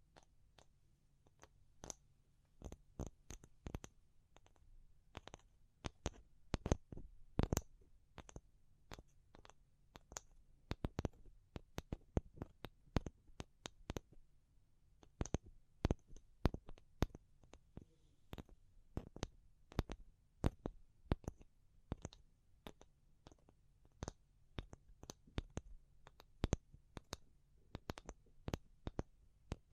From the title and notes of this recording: ASMR Pure Tapping Fast and Slow (No Talking).